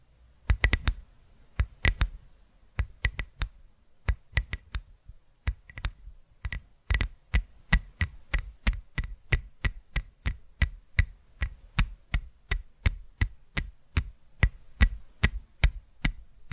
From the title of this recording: Tapping Through Your Brain Invisible + Triggers